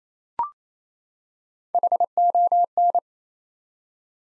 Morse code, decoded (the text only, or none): HON